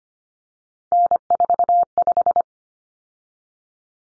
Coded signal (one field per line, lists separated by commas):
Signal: Morse code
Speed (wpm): 25 wpm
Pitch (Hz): 700 Hz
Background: none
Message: N45